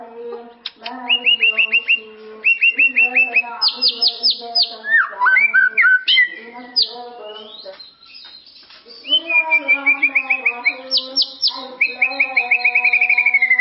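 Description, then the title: White-rumped shama song with fast repeated chipping bursts, clear whistled trills and sharp high notes, several loud rapid series, against a low droning background. "murai batu"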